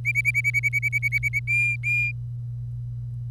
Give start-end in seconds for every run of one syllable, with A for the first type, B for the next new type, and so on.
0.04-1.40 A, 1.47-2.12 B